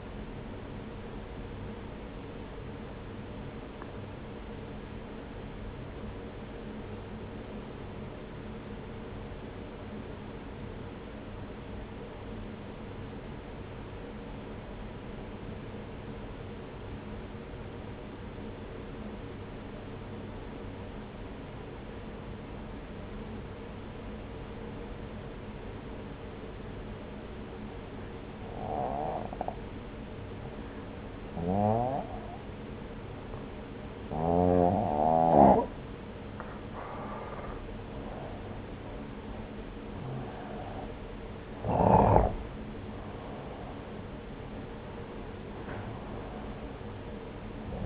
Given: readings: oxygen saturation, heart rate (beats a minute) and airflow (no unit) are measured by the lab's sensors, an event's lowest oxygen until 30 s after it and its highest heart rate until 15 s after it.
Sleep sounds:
breathing in sleep by a voice recorder at the bedside; 1
5.00-37.50 s: obstructive apnea (N1, oxygen 95% highest, then 86% lowest)
From the record:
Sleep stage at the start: N1 (lightest sleep); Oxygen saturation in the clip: 84 to 95%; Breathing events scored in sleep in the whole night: 303 in 8.1 hours asleep

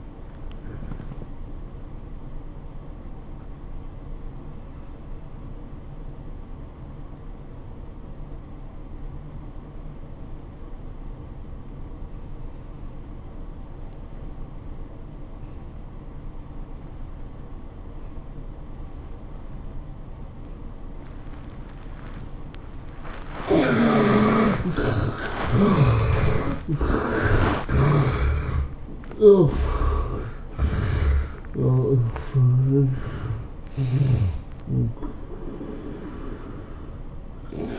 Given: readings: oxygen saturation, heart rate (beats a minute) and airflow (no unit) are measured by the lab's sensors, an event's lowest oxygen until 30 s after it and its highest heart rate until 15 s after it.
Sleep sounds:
breathing in sleep by a smartphone at the bedside; 1
0.00-5.00 s: awake
5.00-24.30 s: obstructive apnea (N1, oxygen 97% highest, then 72% lowest, heart rate 94 at the start, 106 highest)
From the record:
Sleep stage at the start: N1 (lightest sleep); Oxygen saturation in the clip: 74 to 97%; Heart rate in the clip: 74 to 106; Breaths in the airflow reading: 5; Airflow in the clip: -16.5 to 14.6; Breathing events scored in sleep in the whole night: 403 in 5.5 hours asleep

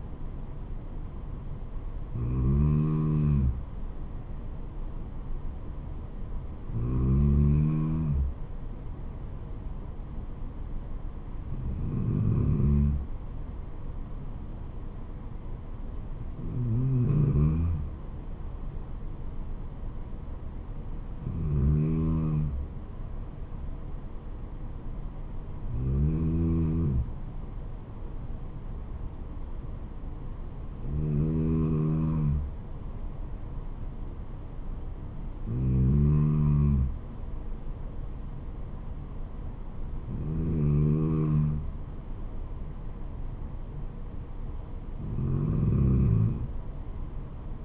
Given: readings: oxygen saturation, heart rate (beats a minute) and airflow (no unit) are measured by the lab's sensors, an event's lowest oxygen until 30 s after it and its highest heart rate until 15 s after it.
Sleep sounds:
breathing in sleep by a smartphone at the bedside; none
none scored
From the record:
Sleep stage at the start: N2 (light sleep); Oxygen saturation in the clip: 93%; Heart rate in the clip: 67 to 75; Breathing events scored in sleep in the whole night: 426 in 7.4 hours asleep

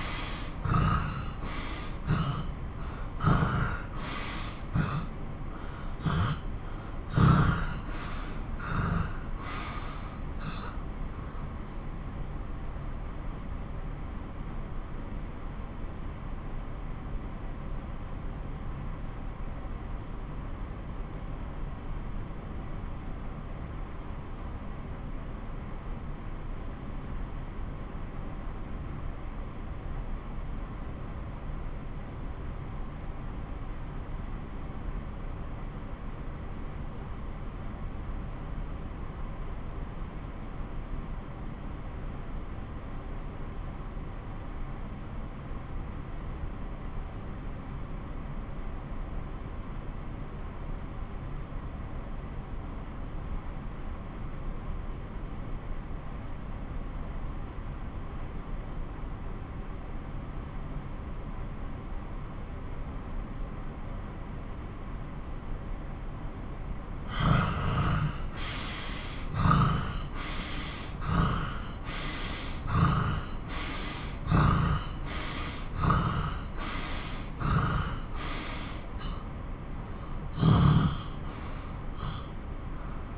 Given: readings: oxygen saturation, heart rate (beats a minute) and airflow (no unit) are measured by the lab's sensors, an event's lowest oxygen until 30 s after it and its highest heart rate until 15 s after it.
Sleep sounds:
breathing in sleep by a smartphone at the bedside; 1
6.00-36.00 s: new sleep stage, N1 (lightest sleep)
10.00-60.90 s: obstructive apnea (N1, oxygen 92% highest, then 90% lowest)
36.00-66.00 s: new sleep stage, N2 (light sleep)
66.00-83.17 s: new sleep stage, N1 (lightest sleep)
From the record:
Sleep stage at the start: N2 (light sleep); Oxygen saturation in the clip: 78 to 93%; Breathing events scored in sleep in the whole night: 217 in 6.3 hours asleep

